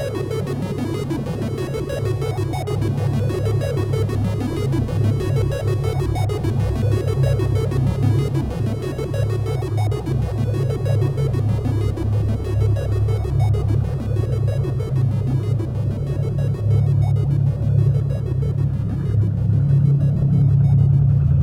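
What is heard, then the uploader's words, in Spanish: A soundscape recalling the sounds of old video game consoles: a steady, dense low hum with a buzzing tone, overlaid by busy flickering chirps in the middle range. It holds constant throughout, with a fine rapid crackle riding on top and no clear pauses. Un paisaje sonoro que remite a los sonidos de las consolas viejas de videojuegos.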